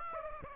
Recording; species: mosquito wingbeat signal from an infrared sensor; Aedes aegypti